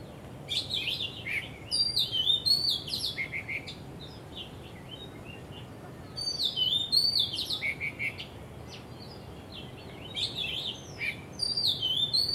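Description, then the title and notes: Bird song with repeated bursts of varied, high whistled warbles and twitters, three phrases spaced a few seconds apart. Birds singing vigorously at Wu Kai Sha, Hong Kong, on 15 December 2006; recorded with AKG condenser microphones in XY stereo. "香港 烏溪沙 雀鳥勁唱歌 Date: 15 December 2006"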